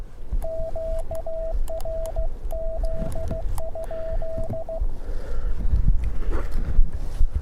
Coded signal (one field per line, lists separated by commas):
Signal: Morse code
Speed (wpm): 16 wpm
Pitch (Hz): 650 Hz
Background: none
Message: QRZ?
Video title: QRP / QRO in Northern NM